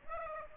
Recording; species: mosquito wingbeat signal from an infrared sensor; Aedes aegypti